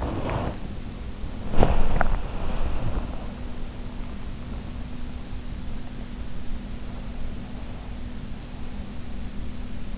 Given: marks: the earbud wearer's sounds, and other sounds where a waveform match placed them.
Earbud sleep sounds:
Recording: sounds in sleep by an in-ear microphone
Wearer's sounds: body movement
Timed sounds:
0.00-3.29 s: body movement

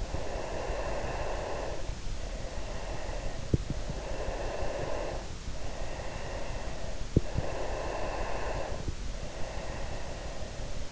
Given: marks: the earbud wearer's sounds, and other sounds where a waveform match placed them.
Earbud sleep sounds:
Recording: sounds in sleep by an in-ear microphone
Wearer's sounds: breath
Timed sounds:
0.00-3.64 s: breath
3.90-7.15 s: breath
7.41-10.91 s: breath

